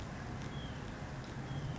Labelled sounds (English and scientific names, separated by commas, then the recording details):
White-breasted Nuthatch (Sitta carolinensis)
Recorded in Sonoma County, California